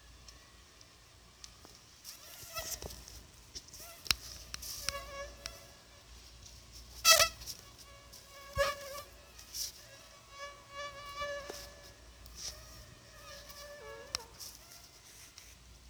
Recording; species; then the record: mosquito flight sound by mobile phone; Anopheles arabiensis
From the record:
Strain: Dongola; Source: CDC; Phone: Sony Xperia